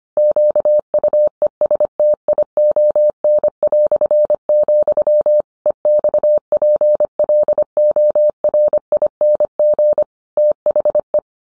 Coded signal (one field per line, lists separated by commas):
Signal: Morse code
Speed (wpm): 25 wpm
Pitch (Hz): 600 Hz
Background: none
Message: QUESTION", EXPLORING THE